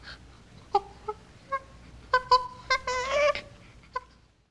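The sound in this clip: Chimpanzee whimpers, short tonal cries in separate bursts, then a brief wavering shrill scream and one last whimper.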